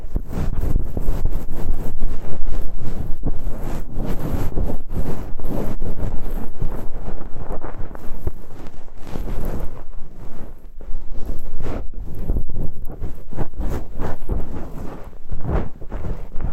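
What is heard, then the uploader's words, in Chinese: Ear cleaning with a fluffy bonten and horsehair brush: a dense, constant scratching and rustling that never pauses across the whole clip. Rapid crackles and brushing strokes pile on top of a heavy, rumbling low thump, like something rubbing right on the microphone. ASMR×KU100。掏耳．梵天．馬尾絲。Deep Ear Cleaning。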